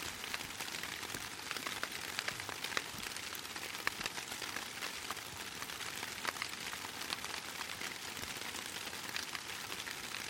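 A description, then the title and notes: Heavy rain pours steadily onto maple leaves and thick ferns, a dense bright patter of countless drops with no letup throughout. Heavy Rain on Vine Maples and Dense Underbrush. In the quiet of the Hoh Rainforest of Olympic National Park, heavy rain falls on Vine Maples and dense underbrush of ferns, grasses, and other large-leaf ground cover. This recording is from an in-land quiet area about four miles into the Hoh River Trail.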